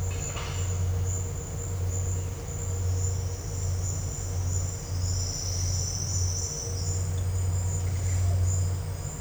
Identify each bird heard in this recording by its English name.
none